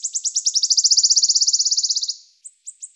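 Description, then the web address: Wood warbler song: a high, accelerating shivering trill of rapid identical notes lasting about two seconds, followed by three short, thin, high notes. "Phylloscopus sibilatrix"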